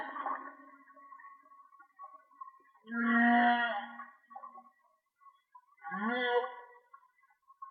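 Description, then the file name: Whale song: a faint opening moan, then two clear harmonic calls, the second sweeping upward. "Whale Song"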